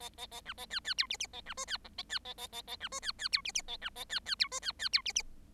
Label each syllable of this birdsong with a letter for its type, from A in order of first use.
A A A B A C C D E E A B F C G A C A A A A B F C C D E E A B A C C D F C C D E E